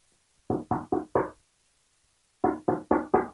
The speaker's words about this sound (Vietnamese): Đột nhiên một trận tiếng gõ cửa truyền đến, cứu nguy cho nàng.